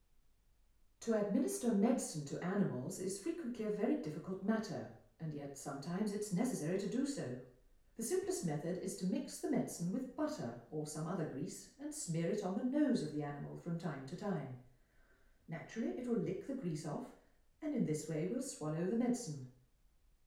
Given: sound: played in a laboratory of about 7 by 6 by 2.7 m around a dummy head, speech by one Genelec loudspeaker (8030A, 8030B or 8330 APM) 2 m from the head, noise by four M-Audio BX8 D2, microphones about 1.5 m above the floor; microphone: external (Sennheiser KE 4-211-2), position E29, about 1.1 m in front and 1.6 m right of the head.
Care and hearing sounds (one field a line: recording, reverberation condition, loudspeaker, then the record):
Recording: female speech in English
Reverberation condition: medium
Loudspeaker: 30 degrees to the left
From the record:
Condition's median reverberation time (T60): about 510 ms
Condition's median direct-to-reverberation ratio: about -0.5 dB